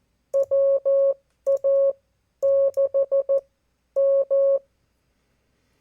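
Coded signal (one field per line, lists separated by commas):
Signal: Morse code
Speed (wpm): 14 wpm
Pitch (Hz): 550 Hz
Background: none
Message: WA6M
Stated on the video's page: Abbreviated park activation from US-3548 Rio de Los Angeles State Park; batteries weren't charged.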